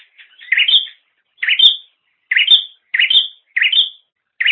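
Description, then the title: Bird chirps, each a short warble rising into a high thin whistle, repeated roughly every second with silent gaps. "kikicau"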